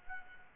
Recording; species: mosquito wingbeat signal from an infrared sensor; Aedes albopictus